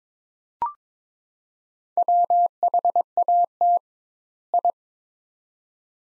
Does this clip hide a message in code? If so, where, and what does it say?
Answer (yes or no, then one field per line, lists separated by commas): yes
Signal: Morse code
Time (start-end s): 2.0-4.7 s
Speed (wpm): 22 wpm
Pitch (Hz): 700 Hz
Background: none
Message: WHAT I